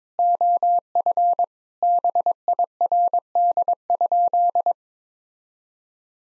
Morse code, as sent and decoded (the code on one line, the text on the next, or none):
--- ..-. / -... .. .-. -.. ..--..
OF BIRD?